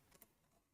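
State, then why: Seated. The back panel of a wooden easel stand box is pressed closed into its frame, snapping back the opposite way it was opened. A short tick at 0.1 s is followed by a sharper, brighter snap at 0.2 s, and the panel is locked in.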